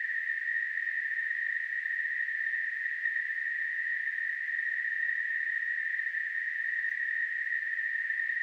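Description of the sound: A steady, unbroken high-pitched hiss sits in a narrow band near 2 kHz for the whole clip, with no rhythm or pauses. It is a simulation of tinnitus, the constant ringing or hissing that a person with the condition hears.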